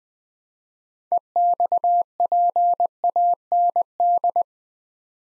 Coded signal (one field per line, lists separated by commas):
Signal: Morse code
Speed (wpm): 20 wpm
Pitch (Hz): 700 Hz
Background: none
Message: EXPAND